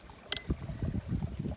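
A metal screw cap is twisted off a glass wine bottle, breaking its perforated seal ring with a sharp, bright crack at 0.3 s. The cap comes apart and releases with a lovely cracking noise. Low, rumbling, rhythmic noise continues through the rest of the clip.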